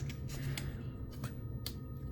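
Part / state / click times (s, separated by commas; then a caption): small plastic number tab into a nail polish organizer rack slot / seated / 1.7 s. A small plastic number tab is fitted into a slot on a plastic nail polish bottle organizer rack, tried one way, then turned and pushed. Light plastic ticks sound at about 0.1, 0.6 and 1.2 seconds over a steady low hum. A sharper snap at 1.7 seconds marks the tab popping into place and seating.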